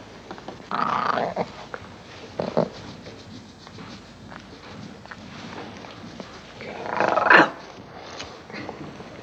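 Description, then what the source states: Lion growls in two brief rough bursts early on, quieter scuffling between, then a louder snarling outburst near seven seconds. Lion fussing and playing.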